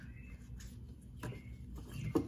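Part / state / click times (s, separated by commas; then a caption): wiring harness connector into the wiper motor / not seated / none. A wiring harness connector is pushed by hand toward the back side of the wiper transmission motor on a 2021 Explorer during a wiper arm transmission replacement. Soft handling rustles play over a steady low rumble, with a brief sharp tap at 2.2 s. The connector has not seated or clicked yet.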